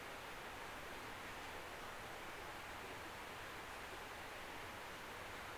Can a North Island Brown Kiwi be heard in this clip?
no